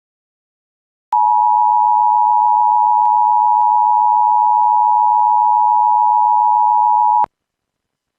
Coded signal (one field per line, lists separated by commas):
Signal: Emergency Alert System (SAME) tones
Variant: 853 and 960 Hz attention tone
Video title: EAS Alerts from WDFA-IP - 11/10/2020 (EAS# 210-219)